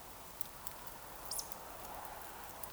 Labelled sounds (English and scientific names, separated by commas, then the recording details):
Eurasian Woodcock (Scolopax rusticola) whistle
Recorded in Baden-Württemberg, Germany, on 28 June 2020 at 02:31 UTC
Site 43791, 788 m above sea level